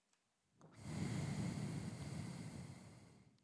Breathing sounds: one breath near a microphone; exhalation

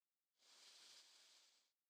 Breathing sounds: one breath near a microphone; inhalation

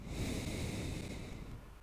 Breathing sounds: one breath near a microphone; exhalation

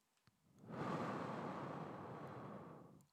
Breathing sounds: one breath near a microphone; exhalation

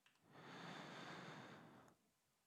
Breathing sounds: one breath near a microphone; inhalation

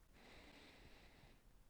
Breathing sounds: one breath near a microphone; inhalation

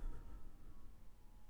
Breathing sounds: one breath near a microphone; exhalation

